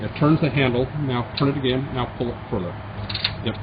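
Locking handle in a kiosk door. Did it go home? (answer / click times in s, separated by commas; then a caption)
yes / 3.1 s, 3.2 s. A key-operated locking handle in the metal door of an 8-foot kiosk is turned, turned again, then pulled further back into the door while someone talks. Two quick ratchet-like clicks sound at 3.1 s and 3.2 s as the handle locks into place and can no longer be moved.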